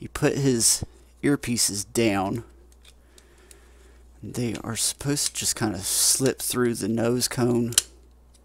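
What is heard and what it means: Someone talks while handling a Cyber Battalion Jetfire transforming robot action figure, lowering the plastic ear pieces on its cockpit/head section so they can slip through the nose cone. Faint handling ticks are heard around 2.7, 3.2 and 3.5 seconds between the talking. The cockpit has not snapped into place yet; nothing has seated or clicked.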